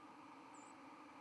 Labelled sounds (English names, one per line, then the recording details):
White-throated Sparrow flight call
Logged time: 09:46 on 31 October 2014